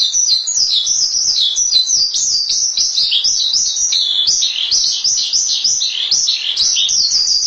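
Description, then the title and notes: Starling chattering song, quick high whistles and scratchy notes running together in a busy, unbroken sequence. "suara burung jalak"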